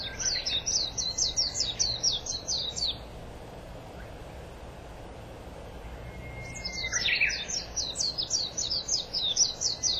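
White-eye song: rapid runs of high, thin twittering notes, about three seconds each, separated by a quiet gap, over a steady low background hiss.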